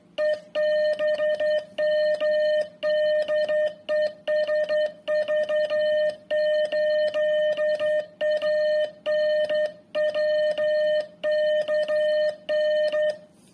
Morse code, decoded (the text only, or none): EBM DE SV8ANW KN